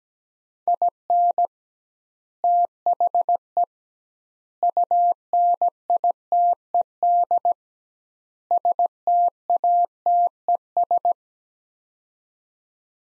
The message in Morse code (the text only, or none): IN THE UNITED STATES